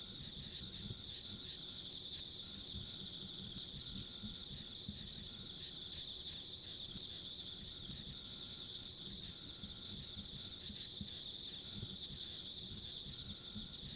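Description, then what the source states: Many insects create a steady shimmering high trill, a faint ultra-high whine alongside, over an unbroken low background rumble. Ambient insect sounds recorded along a country road.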